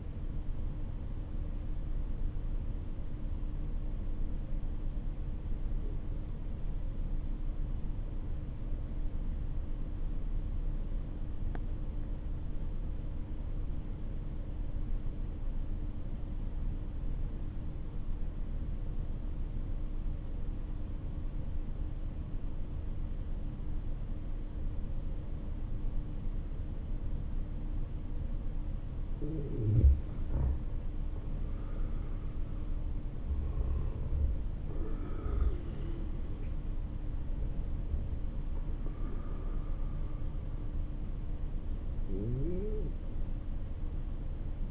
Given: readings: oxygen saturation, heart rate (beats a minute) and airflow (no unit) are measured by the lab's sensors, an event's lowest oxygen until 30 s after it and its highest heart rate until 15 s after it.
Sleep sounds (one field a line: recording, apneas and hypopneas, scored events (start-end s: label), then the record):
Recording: breathing in sleep by a smartphone at the bedside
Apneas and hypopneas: 1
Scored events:
8.00-26.00 s: obstructive apnea (N2, oxygen 97% highest, then 90% lowest, heart rate 48 at the start, 61 highest)
From the record:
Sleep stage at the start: N2 (light sleep)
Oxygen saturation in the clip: 91 to 97%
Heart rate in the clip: 47 to 61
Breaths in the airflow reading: 3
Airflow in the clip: -8.8 to 15.1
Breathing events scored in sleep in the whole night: 304 in 5.6 hours asleep